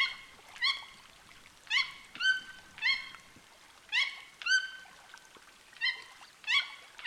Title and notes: Le chant des toucans. la forêt amazonienne. la forêt inondée du lac de petit saut. une berge où des oiseaux chantent, par cette fin d’après-midi ensoleillée